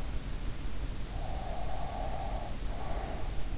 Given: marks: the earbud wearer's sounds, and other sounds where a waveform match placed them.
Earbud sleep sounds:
sounds in sleep by an in-ear microphone; breath
1.25-3.32 s: breath

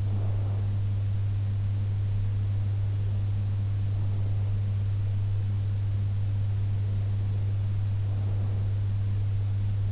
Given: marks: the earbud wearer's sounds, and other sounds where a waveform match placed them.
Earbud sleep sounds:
sounds in sleep by an in-ear microphone; breath
0.00-0.89 s: breath

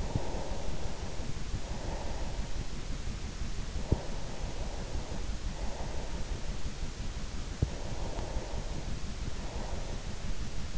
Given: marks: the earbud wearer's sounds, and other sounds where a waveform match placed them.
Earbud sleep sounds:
sounds in sleep by an in-ear microphone; breath
0.00-2.59 s: breath
3.50-6.62 s: breath
7.66-10.78 s: breath

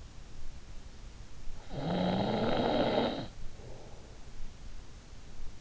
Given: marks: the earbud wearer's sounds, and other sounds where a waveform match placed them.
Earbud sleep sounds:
sounds in sleep by an in-ear microphone; snoring breath
1.49-3.55 s: snoring breath

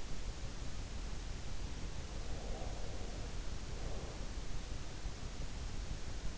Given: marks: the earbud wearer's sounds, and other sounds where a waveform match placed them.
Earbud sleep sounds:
sounds in sleep by an in-ear microphone; breath
2.08-4.37 s: breath

